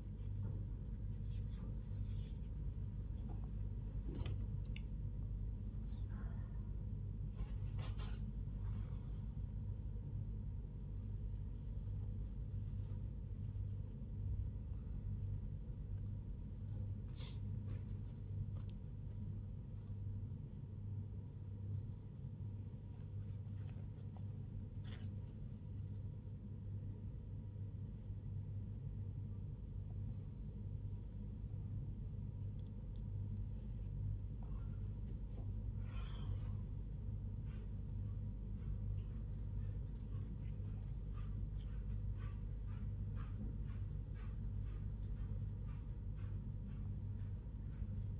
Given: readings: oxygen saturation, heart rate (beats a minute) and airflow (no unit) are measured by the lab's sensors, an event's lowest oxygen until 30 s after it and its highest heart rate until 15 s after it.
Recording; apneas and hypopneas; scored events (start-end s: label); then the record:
a person awake in a sleep study, by a smartphone at the bedside; none
none scored
From the record:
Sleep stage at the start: awake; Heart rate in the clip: 87 to 100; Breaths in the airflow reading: 19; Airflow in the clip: -0.7 to 0.7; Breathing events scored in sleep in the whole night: 158 in 7.3 hours asleep